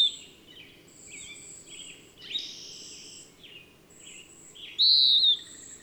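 Bird song of busy chirps and trills, ending with a loud, pure descending whistle over a faint continuous high tone.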